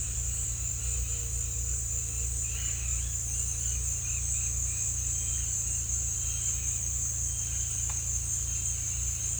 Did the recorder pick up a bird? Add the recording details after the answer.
no. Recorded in dense forest near Puerto Asís, Putumayo, Colombia, on 18 December 2024 at 17:00. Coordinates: 0.467, -76.328. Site GP05